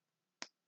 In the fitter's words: in there until you feel and hear it snap and